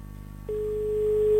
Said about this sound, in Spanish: Ahí está mi móvil llamando. A ver si lo consigue. Ahí lo tengo llamando.